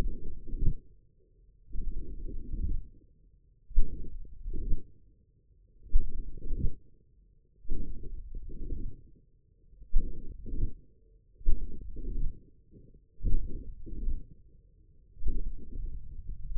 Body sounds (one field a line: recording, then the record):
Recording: forearm muscle sounds (acoustic myography)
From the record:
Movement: forearm pronation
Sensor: system 1, eight BSWA MPA416 microphones around the upper forearm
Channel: 5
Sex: male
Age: 54 years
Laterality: right